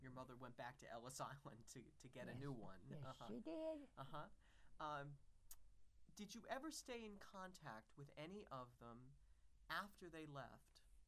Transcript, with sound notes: Your mother went back to Ellis Island to, to get a new one. (he laughs)
Yes, yes she did.
Uh huh. Did you ever stay in contact with any of them after they left